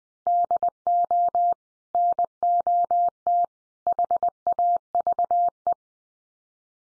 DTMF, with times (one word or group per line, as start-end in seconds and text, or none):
none